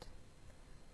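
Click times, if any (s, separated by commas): 0.0 s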